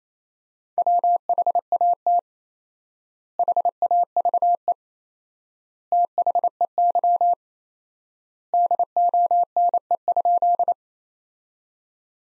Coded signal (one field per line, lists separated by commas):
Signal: Morse code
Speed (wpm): 28 wpm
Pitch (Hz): 700 Hz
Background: none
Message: WHAT HAVE THEY DONE?